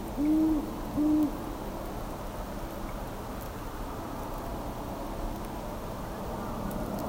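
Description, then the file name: Great horned owl giving two low hoots at the start, then only steady background hiss for the rest. "Great Horned Owl - Bubo virginianus"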